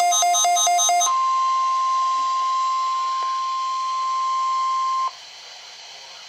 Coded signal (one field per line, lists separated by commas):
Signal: Emergency Alert System (SAME) tones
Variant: 1050 Hz attention tone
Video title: Required Weekly Test KZZ65- 1/2/13